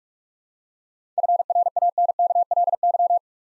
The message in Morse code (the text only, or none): FRANKLY